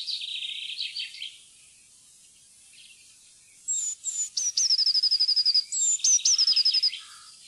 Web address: fuglelyder- blaameis